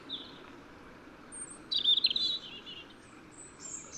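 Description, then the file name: European robin song, one short burst of high, jumbled tinkling notes, with faint thin whistles before and after. "Erithacus rubecula"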